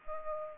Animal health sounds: mosquito wingbeat signal from an infrared sensor; Aedes aegypti

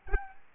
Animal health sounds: mosquito wingbeat signal from an infrared sensor; Aedes albopictus

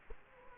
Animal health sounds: mosquito wingbeat signal from an infrared sensor; Culex quinquefasciatus

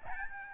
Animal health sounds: mosquito wingbeat signal from an infrared sensor; Aedes albopictus

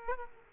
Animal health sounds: mosquito wingbeat signal from an infrared sensor; Aedes aegypti

